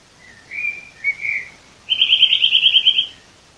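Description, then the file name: Eurasian nuthatch: two or three slurred whistles, then a rapid, regular trill of bright piping notes running for just over a second. "Sitta europaea"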